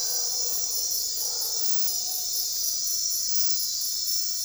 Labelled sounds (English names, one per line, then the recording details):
none
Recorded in dense forest near Puerto Asís, Putumayo, Colombia, on 9 March 2025 at 00:30
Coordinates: 0.503, -76.323
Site GP09